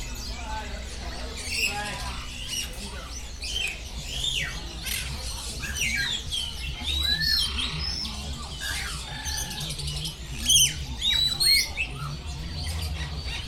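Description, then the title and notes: Birds chirping and twittering in a busy overlapping chorus, with quick rising whistles and some harsher squawks over a low background rumble. Many birds singing at the Bird Garden, Mongkok, Hong Kong, 15 February 2008; recorded on AKG condenser microphones in XY stereo. "香港 旺角 雀鳥花園 雀鳥唱歌 (內附有人類語言中的粗囗) Bird Singing in the Bird Garden, Mongkok, Hong Kong Date: 15 February 2008"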